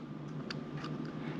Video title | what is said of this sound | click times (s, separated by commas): How to Change Direction of Media Mod Microphone! Media Mod マイクの向きの変え方！ | and push it until it clicks in place and it should be level with the top of the battery case | 0.5 s